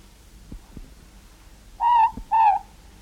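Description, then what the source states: Morepork song: one two-note hoot near the end; soft low knocks come before it and one falls between the notes. New Zealand.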